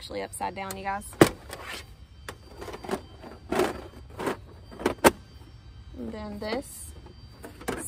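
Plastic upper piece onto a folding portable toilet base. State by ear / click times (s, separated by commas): seated / 7.7 s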